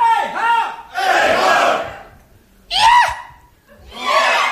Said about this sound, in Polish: Same dziewczyny. No to jest ten okrzyk antydepresyjny.